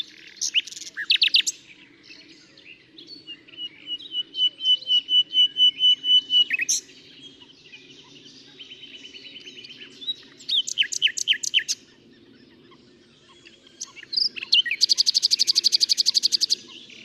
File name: Luscinia megarhynchos